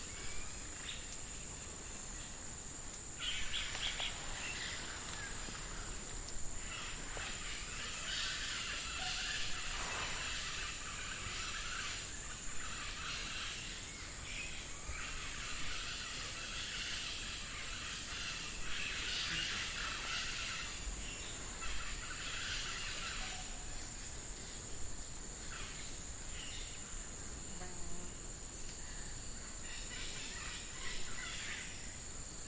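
Nighttime rainforest atmosphere, dominated by a constant, piercing high insect whine that never lets up. Beneath it, dense chirping and trilling choruses swell and fade in irregular waves, with a soft low rumble of background throughout.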